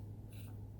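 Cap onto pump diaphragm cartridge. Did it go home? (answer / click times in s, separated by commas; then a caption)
no / none. A cap is handled for screwing onto the diaphragm cartridge assembly of a YZ Systems F pump during a rebuild, where it should click once it runs out of threads. A steady low hum runs throughout, with a brief, faint, brighter rustle around 0.3 to 0.5 s. Nothing has seated or clicked yet.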